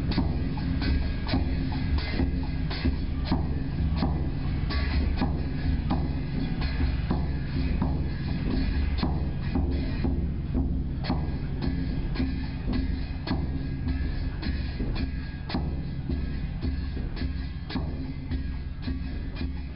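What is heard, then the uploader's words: Drums and cymbals played by young monks for an evening call to prayer at a small temple. A deep, booming drum rolls on continuously while sharp cymbal clashes cut through at frequent, uneven intervals. The sound stays dense and loud throughout, with a resonant low rumble underneath. Laos - evening prayer drums and cymbals. Drums and cymbals played by young monks for the early evening call to prayer at a small Wat (temple) in Luang Prabang, Laos.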